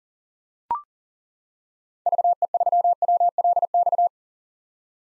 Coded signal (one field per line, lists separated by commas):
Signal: Morse code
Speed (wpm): 40 wpm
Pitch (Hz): 700 Hz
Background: none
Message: VE3WLX